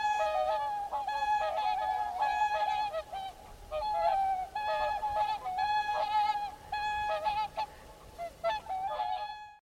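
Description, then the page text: Mute swan giving many nasal, harmonic honking notes in quick succession, varying in loudness. "Ciripituri în naturăLebăda mută sau Lebăda de vară – Cygnus olor"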